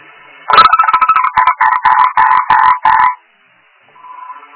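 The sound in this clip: Frog croaks: a burst of rapid, rough, pulsing croaks lasting some two and a half seconds, then quiet with a faint tone at the end.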